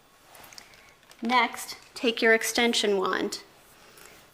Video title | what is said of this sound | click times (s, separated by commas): Best Upright Vacuum - TOP 10 Upright Vacuum Cleaners | the back of the motorised floor brush and push down until you hear it click into place next | 0.6 s